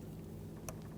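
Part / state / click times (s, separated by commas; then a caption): wiring harness connector onto ignition coil / seated / 0.7 s. On a 2007–2017 Jeep Patriot 2.4L L4, a wiring harness connector is lined up and pushed onto an ignition coil. Over a steady low hum, a single sharp click sounds at 0.7 s as the connector seats.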